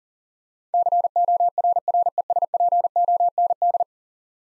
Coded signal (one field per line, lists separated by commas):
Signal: Morse code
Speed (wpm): 40 wpm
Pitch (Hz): 700 Hz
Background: none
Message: CORRESPOND